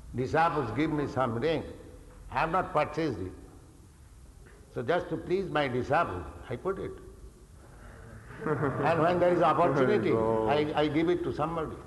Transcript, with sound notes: disciples gives me some ring—I have not purchased it—so just to please my disciple I put it. [laughter from devotees] And when there is opportunity, I give it to somebody.